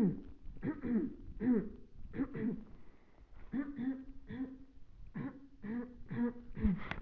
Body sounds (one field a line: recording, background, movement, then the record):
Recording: throat clearing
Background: quiet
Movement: sitting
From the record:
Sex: female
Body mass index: 21.8 kg/m2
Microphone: on the chest, facing the body